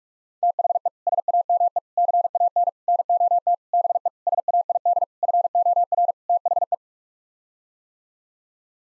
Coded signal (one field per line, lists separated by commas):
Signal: Morse code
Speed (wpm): 41 wpm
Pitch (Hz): 700 Hz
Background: none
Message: THE SAME CAN NOT BE SAID FOR THE